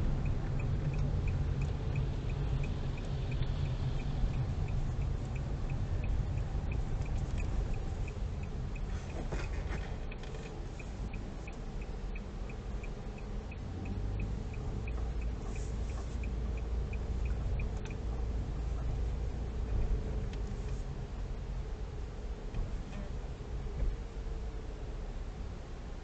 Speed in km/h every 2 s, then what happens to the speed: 18, 16, 13, 11, 5, 6, 10, 10, 10, 9, 6, 6, 5.
0-8 slows to 5. 8-26 steady at about 6.